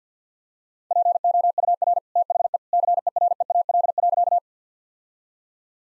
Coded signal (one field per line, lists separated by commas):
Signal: Morse code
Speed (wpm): 50 wpm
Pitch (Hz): 700 Hz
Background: none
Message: POUR THE CEREAL.